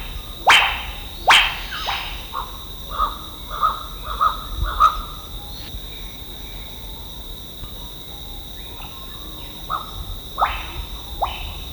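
Goldie's bird-of-paradise giving a series of short, loud, harsh notes, several in quick succession, over a steady high insect drone.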